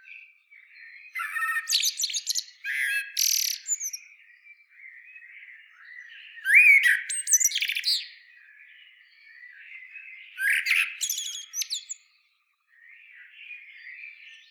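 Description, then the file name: Common blackbird singing several spaced phrases, rich warbling notes topped with sharp high twittering, with quieter gaps between them. "Turdus merula"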